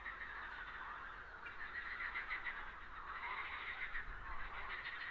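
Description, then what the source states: Many frogs croaking at once, a dense pulsing drone with short brighter trills breaking through in the middle. Frogs on a lake.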